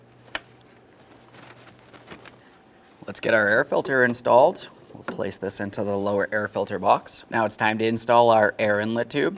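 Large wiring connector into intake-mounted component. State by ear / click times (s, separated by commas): seated / 0.4 s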